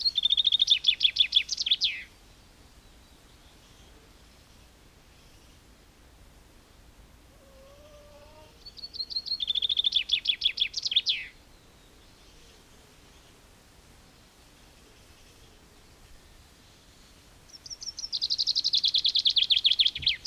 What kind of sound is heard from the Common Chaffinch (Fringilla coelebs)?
song